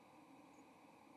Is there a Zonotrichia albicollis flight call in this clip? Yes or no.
no